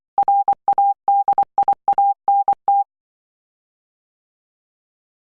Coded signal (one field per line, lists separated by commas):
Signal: Morse code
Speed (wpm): 24 wpm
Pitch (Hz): 800 Hz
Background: none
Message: RADIANT